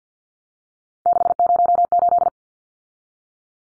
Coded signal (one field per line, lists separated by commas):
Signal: Morse code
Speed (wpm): 50 wpm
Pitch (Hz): 700 Hz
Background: none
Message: 608